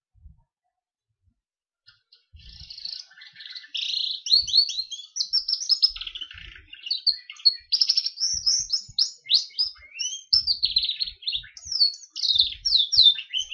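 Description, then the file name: Gloster canary song starting after a short silence, then an unbroken, lively flow of high warbles, slurred whistles and quick trills. "canary gloster sings"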